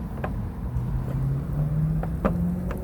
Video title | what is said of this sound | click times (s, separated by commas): Nissan Frontier LED Headlight Install | there we go you'll feel it click in and you'll feel the turn | 2.3 s